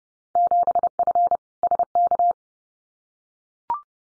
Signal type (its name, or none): Morse code